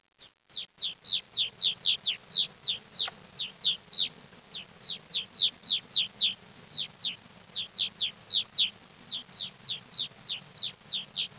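Bird calls: a long, steady series of sharp, down-slurred high chirps, roughly three or four each second, after a few brief clicks at the start.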